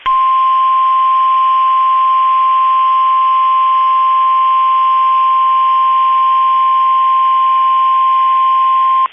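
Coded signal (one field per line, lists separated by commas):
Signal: Emergency Alert System (SAME) tones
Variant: 1050 Hz attention tone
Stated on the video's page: Severe thunderstorm watch from NOAA Weather Radio received online.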